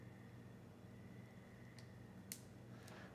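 A crimped metal contact pin on a solar cable is slid into a plastic MC4-style connector housing over a steady low hum. Fainter ticks come at about 1.8 s and 2.9 s, and a sharp, bright click at 2.3 s marks the pin seating fully in the housing.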